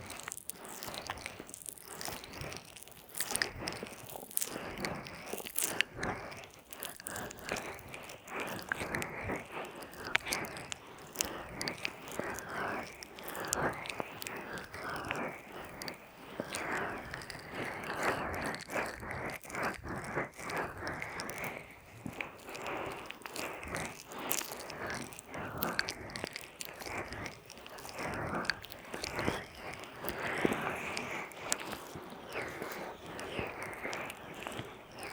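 Ear massage with oil, lotion and a peeling pack: a dense, unbroken stream of wet, sticky crackles and squelches that goes on for the whole stretch. Sharp clicks and snaps burst through every second or so over a soft, rubbing hiss, and the level stays fairly even.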